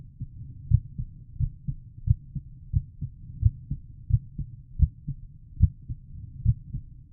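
Steady, deep lub-dub heart sounds at about 85 beats a minute, evenly spaced with a regular rhythm.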